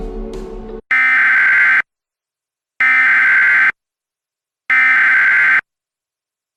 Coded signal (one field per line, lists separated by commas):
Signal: Emergency Alert System (SAME) tones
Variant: header bursts